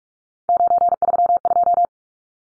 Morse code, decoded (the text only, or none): 932